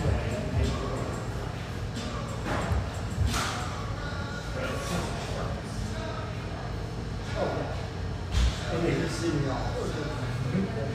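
Busy coffee shop with a steady, dense murmur of overlapping voices throughout. Occasional sharp clinks and knocks cut through every second or two, with a louder thump near eight and a half seconds. The crowd noise stays constant with no pauses.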